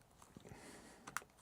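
An Osmo Action 6 action camera is pressed into a metal cage on a Flymile camera grip and the cage's door latch is closed. Soft handling rustle and small taps lead to a lighter first click, then a sharp second click at 1.2 s locks the latch fully, since the first click does not fully latch it.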